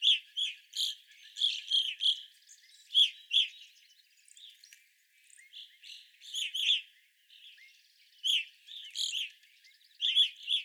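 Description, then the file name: Evening grosbeaks giving loud clipped chirps in bursts of several notes, separated by short quieter pauses, with softer calls filling the background. Several evening grosbeaks, recorded 25 April 2021. "2021-04-25 Evening Grosbeaks"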